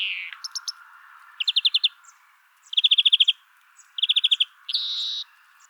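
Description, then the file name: European greenfinch giving three fast trills of rapid notes separated by short gaps, then a buzzy wheeze. "Chloris chloris"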